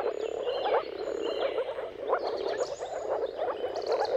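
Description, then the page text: Moor frogs give short, low bubbling pulses in rapid succession within a thick chorus, while faint high bird whistles sound behind. Mating calls of a moor frog chorus at sunrise, at the turn of March and April, depending on the weather. "Jakub-Orzecki moor frogs. Dawn’s Chorus: Mating Calls of Marsh Frogs at Sunrise. Depending on the weather at the turn of March and April, you can witness an amazing spectacle of moor frogs"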